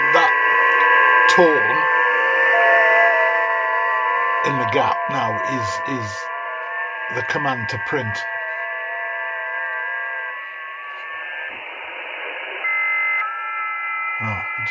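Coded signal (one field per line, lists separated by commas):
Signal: FT8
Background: speech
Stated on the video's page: FT8 heard on the 40 m band with a Malahit DSP2 all-band receiver, using an endfed antenna or internal loop.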